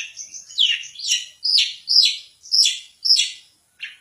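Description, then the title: Long-tailed shrike singing, rapid scratchy descending notes in bursts roughly twice a second, with a short pause before a final note. Competition champion bird. "Kicau Burung Cendet Juara"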